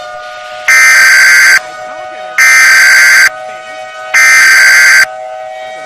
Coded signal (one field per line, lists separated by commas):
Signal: Emergency Alert System (SAME) tones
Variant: header bursts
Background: speech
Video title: EAS Mock - Nuclear Planes